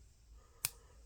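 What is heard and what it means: The slip-joint blade of a Leatherman Bolster multi-tool, about 2 in long, is opened again in its handle and snaps into its extended detent with one sharp click at 0.6 s over a quiet background. It seats in the extended position as if locking, though it has no actual liner lock and simply slips into place.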